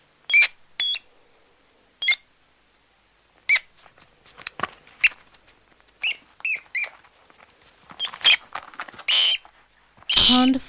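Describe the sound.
Rat squeaks coming thick and fast, many brief high chirps and squeals growing busier, ending in a harsh, noisy scuffling burst.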